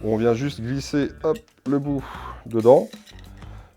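The strap end of a basic belt is being slid into its metal buckle, which locks by itself, while someone talks over background music. Faint sharp ticks at 3.2 and 3.4 seconds come through under the voice, but the strap end has not locked into the buckle yet.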